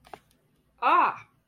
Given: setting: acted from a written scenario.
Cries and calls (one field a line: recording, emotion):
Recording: vocal sound without words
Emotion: negative surprise